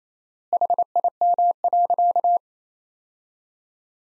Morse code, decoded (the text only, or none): HIM.